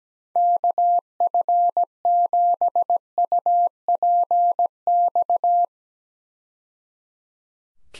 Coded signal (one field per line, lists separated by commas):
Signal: Morse code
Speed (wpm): 17 wpm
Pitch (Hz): 700 Hz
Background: none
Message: KF7UPX